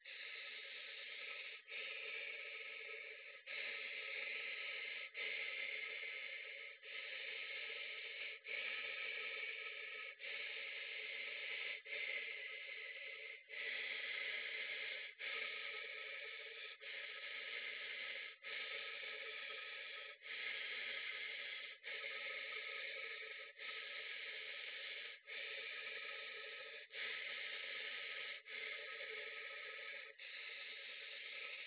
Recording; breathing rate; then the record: paced breathing near a phone; 18 breaths a minute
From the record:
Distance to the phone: 20 cm